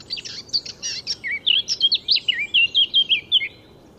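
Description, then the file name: Eurasian blackcap singing, with hurried chattering notes at the start breaking into a run of rich whistled notes that rise and fall, then stop. "Sylvia atricapilla"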